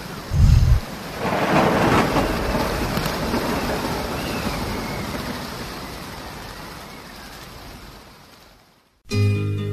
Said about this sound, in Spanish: ¿Quién iba a pensar que en pleno diciembre iba a caer tanta agua, oiga?